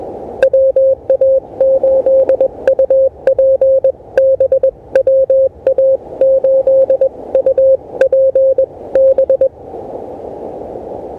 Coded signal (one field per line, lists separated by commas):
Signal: Morse code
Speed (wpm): 21 wpm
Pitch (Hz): 530 Hz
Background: radio noise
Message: WA8UPB WA8UPB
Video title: Testing the Elecraft KH1 Internal Logger with a 16 WPM CW Morse Code Parks on the Air Activation